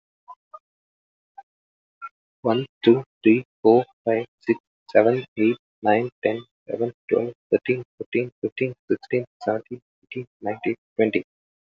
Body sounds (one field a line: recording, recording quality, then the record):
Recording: counting at a fast pace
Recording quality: excellent, no background noise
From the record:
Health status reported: healthy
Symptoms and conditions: none ticked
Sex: male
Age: 28 years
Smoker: not ticked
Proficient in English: yes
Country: India